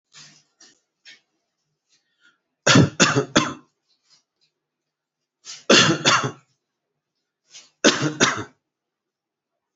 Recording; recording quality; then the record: shallow voluntary cough; excellent, no background noise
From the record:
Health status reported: healthy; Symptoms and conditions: none ticked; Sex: male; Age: 45 years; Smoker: not ticked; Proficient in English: yes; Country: India